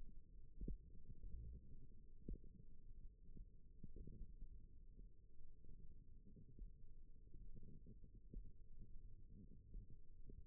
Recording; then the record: forearm muscle sounds (acoustic myography)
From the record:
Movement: index flexion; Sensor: system 1, eight BSWA MPA416 microphones around the upper forearm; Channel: 4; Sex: female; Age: 21 years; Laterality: right